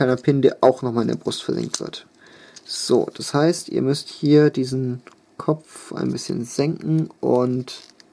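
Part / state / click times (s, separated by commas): toy robot head into chest piece / not seated / none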